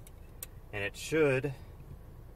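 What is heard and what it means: The plastic air vent connector of an Aecks 2-in-1 car phone mount holder is slid into a car air vent, and a short, sharp click is heard at 0.4 s as its hook catches behind the vent slat, after a fainter tick near 0.1 s. Someone then talks as the clip locks in place.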